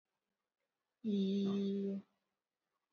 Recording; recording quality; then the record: sustained vowel as in beet; excellent, no background noise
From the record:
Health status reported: recovered from COVID-19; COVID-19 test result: positive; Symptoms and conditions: cough, fever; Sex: female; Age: 54 years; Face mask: not worn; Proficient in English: yes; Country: India